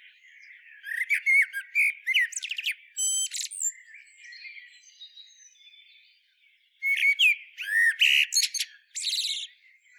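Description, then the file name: Common blackbird singing two separated phrases of fluty warbled notes and high, scratchy twittering, with quieter notes in the gap. "Turdus merula"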